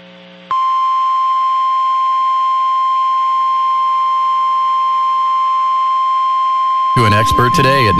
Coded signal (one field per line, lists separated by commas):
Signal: Emergency Alert System (SAME) tones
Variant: 1050 Hz attention tone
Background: speech